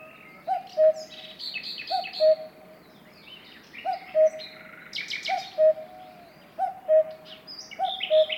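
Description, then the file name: Cuckoo repeating its low, falling two-note call every one to two seconds, with bright chirping songbirds in the background. "minutes of cuckoos"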